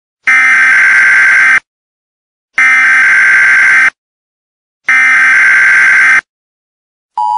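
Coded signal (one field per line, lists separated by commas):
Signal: Emergency Alert System (SAME) tones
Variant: header bursts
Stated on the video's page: Recreated EAS Tornado Warning broadcast with valid EAS tones.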